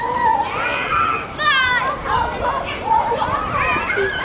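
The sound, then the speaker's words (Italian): A lively crowd of children playing in the courtyard of an elementary school, high-pitched voices overlapping in shouts, chatter and squeals over a steady bed of noise, with one sharp rising shriek standing out. “Nel cortile di questa scuola elementare i bambini sono felici di ritrovarsi.”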